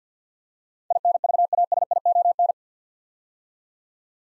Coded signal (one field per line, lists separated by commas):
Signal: Morse code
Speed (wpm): 53 wpm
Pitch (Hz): 700 Hz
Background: none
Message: INVASION